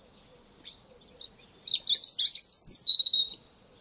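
European robin giving a soft short note, then a thin, high, tumbling phrase of mixed trills and sliding whistles, quiet after.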